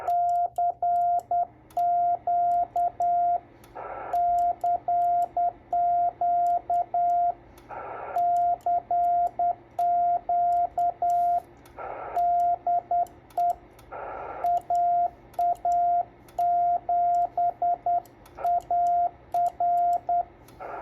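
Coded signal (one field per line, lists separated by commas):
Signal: Morse code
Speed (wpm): 10 wpm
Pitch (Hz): 700 Hz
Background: radio noise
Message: CQ CQ CQ DE AA7AR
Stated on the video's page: Morse sent from an FT-897 with its keyer at 5 watts, a 10 WPM CQ that went unanswered.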